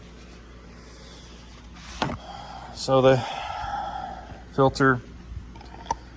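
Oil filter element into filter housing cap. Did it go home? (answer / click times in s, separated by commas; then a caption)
yes / 5.9 s. An oil filter element is pushed into the plastic filter housing cap during an oil change on a 1995 Mercedes-Benz S320 W140 with the M104 engine, done by oil extraction only. Someone talks, with a sharp tap near 2.0 s, and the element clicks solidly into the cap at 5.9 s, seated.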